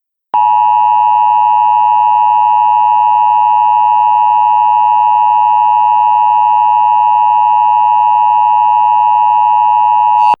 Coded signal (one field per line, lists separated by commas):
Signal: Emergency Alert System (SAME) tones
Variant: 853 and 960 Hz attention tone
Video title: (FICTIONAL) (EAS #1) Severe Thunderstorm Warning